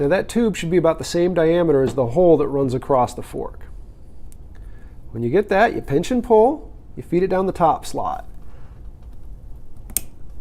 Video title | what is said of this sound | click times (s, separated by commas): Tool-less band attachments | And once you hear it snap, you know you're in a good spot, and you can adjust your fork, or your band in the fork. | 10.0 s